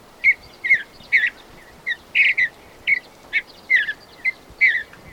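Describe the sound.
Bird chirping steadily, short bright notes often paired, repeated at a brisk, slightly irregular pace.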